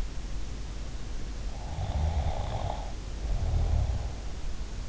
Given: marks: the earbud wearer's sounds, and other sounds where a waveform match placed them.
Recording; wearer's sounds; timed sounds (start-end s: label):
sounds in sleep by an in-ear microphone; snoring breath
1.52-4.28 s: snoring breath